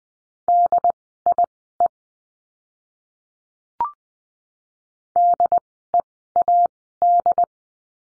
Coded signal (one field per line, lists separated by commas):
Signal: Morse code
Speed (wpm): 19 wpm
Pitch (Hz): 700 Hz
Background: none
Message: DIE DEAD